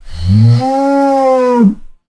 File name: cow moo